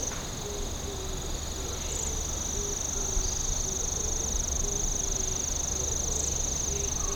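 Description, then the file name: Insect song: a continuous very high, even trill running throughout, with faint short low notes repeating in the background and a steady low hum. "singing of insect"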